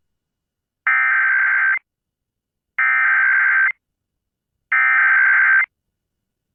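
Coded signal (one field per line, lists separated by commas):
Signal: Emergency Alert System (SAME) tones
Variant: header bursts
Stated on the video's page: AMBER Alert EAS activation caught live on an AM news-talk station, also relayed on FM and TV stations and NOAA Weather Radio.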